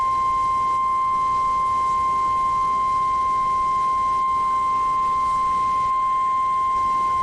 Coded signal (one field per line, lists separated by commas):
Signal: Emergency Alert System (SAME) tones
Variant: 1050 Hz attention tone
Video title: EAS 1505: Pennington SD Civil Emergency Message